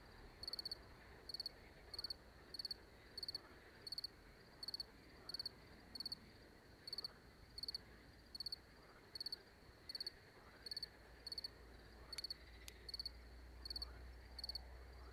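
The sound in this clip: Cricket chirping, short high pulsed trills of about three pulses, repeated at a steady pace a little faster than once per second over faint background noise.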